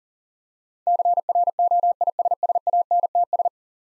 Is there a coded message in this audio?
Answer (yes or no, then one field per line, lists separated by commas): yes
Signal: Morse code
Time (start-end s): 0.9-3.5 s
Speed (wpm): 37 wpm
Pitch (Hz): 700 Hz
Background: none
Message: CROISSANTS